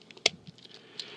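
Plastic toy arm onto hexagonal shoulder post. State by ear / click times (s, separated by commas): seated / 0.3 s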